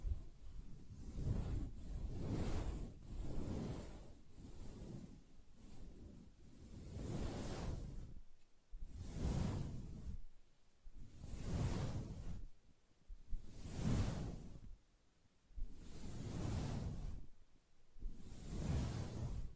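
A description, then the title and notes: Soft fabric is scratched in steady, repeated swishing strokes about once a second, each an airy rub, with brief pauses between bursts. Soft Fabric Surface Tapping & Scratching.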